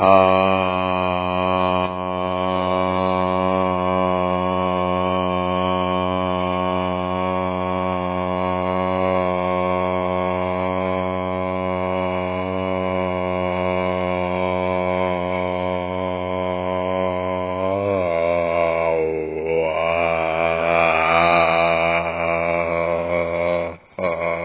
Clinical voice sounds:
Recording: sustained vowel /a/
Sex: male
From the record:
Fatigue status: no fatigue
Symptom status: asymptomatic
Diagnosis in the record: COVID-19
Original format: 3gp

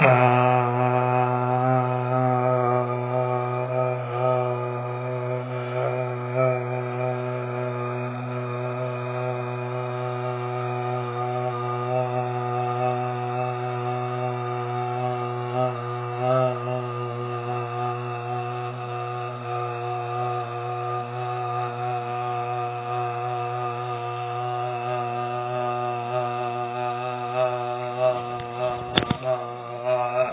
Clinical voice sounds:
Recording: sustained vowel /a/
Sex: male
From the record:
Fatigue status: no fatigue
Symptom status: asymptomatic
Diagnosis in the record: COVID-19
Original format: 3gp

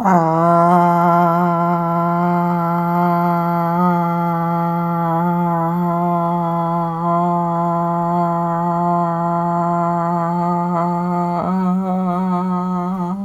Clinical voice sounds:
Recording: sustained vowel /a/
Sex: female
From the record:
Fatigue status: no fatigue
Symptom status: asymptomatic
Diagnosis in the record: COVID-19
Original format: m4a

